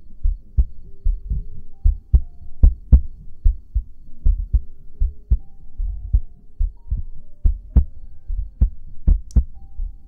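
Steady, soft, low thumping heartbeat of an adult woman in paired beats, with a faint background hum.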